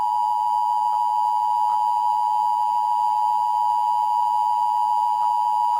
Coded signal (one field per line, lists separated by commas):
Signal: Emergency Alert System (SAME) tones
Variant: 853 and 960 Hz attention tone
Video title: EAS Mock Scenario - LA Summer Walk-A-Thon Bombing Attacks